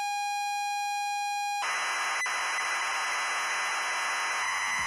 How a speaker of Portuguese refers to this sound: parece som de modem e tal. Então, o que acontece? Esse som é a forma como se gravava programas nesses computadores antigos, inclusive no TK-95, etc, né? 85. Aquele datacorder, né? Mas o 95 também era. Você gravava o programa em forma de som numa fita